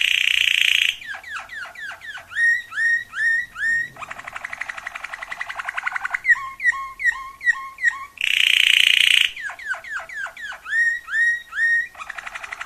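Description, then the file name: Waterslager canary song: loud buzzy rolls alternating with rapid bubbling water-like notes and fast trills, the sequence repeating after about eight seconds. Song variations. "kenari waterslager variasi omkicau"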